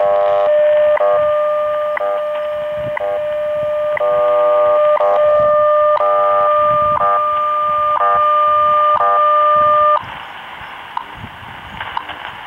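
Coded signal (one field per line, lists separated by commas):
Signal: radio time signal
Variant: WWV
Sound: steady 600 Hz tone broken by short clicks every second, ending after ten seconds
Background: radio static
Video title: DXpedition North Country - WWV 10000 kHz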